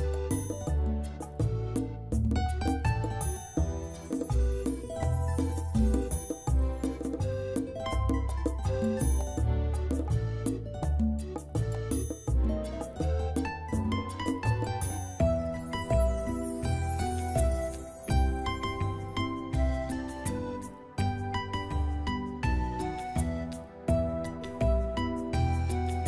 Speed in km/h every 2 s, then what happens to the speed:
54, 51, 52, 48, 45, 48, 55, 61, 68, 74, 80, 86, 90.
0-9 slows to 45. 9-26 speeds up to 90.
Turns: none.